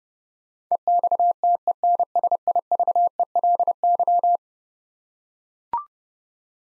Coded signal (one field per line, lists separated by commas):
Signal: Morse code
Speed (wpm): 30 wpm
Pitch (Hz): 700 Hz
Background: none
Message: EXTENSIVELY